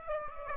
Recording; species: mosquito wingbeat signal from an infrared sensor; Aedes aegypti